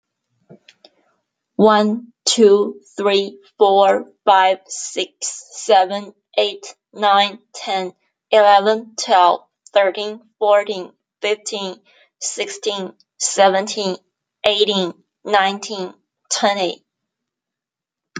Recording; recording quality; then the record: counting at a normal pace; excellent, no background noise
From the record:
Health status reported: healthy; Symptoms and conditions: none ticked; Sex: female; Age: 30 years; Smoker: not ticked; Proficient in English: yes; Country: United States